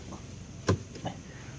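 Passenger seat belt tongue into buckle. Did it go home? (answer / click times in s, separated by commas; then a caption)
no / none. A passenger seat belt tongue is pushed into its buckle in a 2029 Malibu, making a short knock at about 0.7 s and a fainter sound near 1.0 s. The buckle fails to lock, and nothing has seated or clicked yet.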